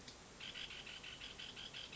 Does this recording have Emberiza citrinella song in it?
no